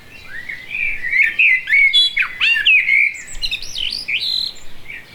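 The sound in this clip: Blackbird song, a short run of rich warbled notes that sweep up and down, ending in higher twittering phrases.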